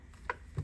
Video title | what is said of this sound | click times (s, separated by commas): Lampi Mini 18watt Preheat Fluorescent Strip Light Fixture Black | and it slides back over should click into place | 0.3 s